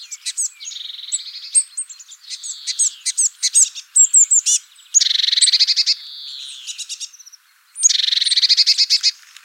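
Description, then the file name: Eurasian blue tit calls: high thin notes mixed with bursts of rapid buzzy churring trills, two long scolding rattles, one near five seconds and another near eight seconds. "Cyanistes caeruleus"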